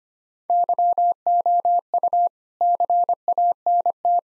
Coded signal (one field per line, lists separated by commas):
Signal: Morse code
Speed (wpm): 25 wpm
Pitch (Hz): 700 Hz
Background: none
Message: YOU CANT